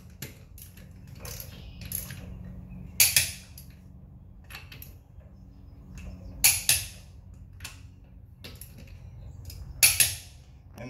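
A click-type torque wrench tightens the remaining wheel lug nuts, each followed by a short ratcheting rattle. Three strong clicks land at about 3.0, 6.5 and 9.8 seconds, each with a quick second tick, confirming every nut has reached the set torque.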